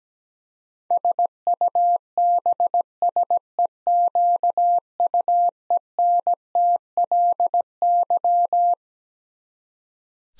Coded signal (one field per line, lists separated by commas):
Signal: Morse code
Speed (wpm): 17 wpm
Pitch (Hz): 700 Hz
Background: none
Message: SUBSEQUENTLY